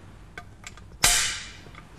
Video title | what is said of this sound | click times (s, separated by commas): VW DSG - DCT Schulungsfilm - Doppelkupplungsgetriebe - Double clutch transmission training film | wenn ich jetzt das rad noch etwas drehen clark ist die eingerastet | 1.0 s